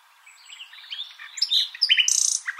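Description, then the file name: Common nightingale song: quiet scratchy notes rising into loud whistled and buzzy elements, ending with a fast rattling trill and sharp high notes. "Luscinia megarhynchos"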